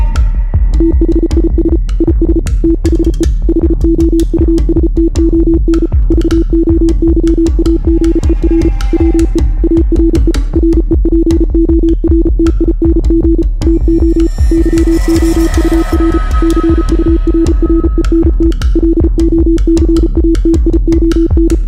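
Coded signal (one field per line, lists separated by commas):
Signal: Morse code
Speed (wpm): 34 wpm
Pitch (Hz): 330 Hz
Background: music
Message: THIS IS THE HOUSTON VOYAGER WE ARE REPORTING TO YOUR CURRENT LOCATION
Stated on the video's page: Part of a fictional documentary, a recreation.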